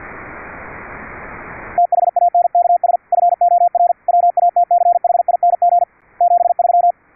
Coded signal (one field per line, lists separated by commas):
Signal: Morse code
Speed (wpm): 50 wpm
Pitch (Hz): 700 Hz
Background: radio noise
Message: THANKS FOR WATCHING 73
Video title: QUISK SDR APP for VLF RF over ip on MUMBLE - CW at 10 Khz with QUISK SDR RCVR has several advantages